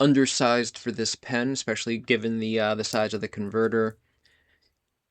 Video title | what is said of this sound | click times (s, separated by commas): Jinhao Dadao 9019 Unboxing | uh trying to engage it here. It is not just clicking into place. | none